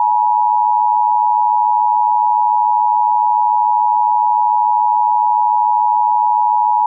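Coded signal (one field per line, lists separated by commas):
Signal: Emergency Alert System (SAME) tones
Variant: 853 and 960 Hz attention tone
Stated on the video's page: Mock dust storm warning, not a real alert.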